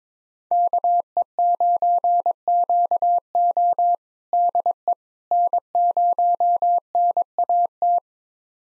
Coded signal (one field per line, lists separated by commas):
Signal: Morse code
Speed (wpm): 22 wpm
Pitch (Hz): 700 Hz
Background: none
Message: KE9QO DE N0NAT